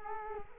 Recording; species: mosquito wingbeat signal from an infrared sensor; Culex quinquefasciatus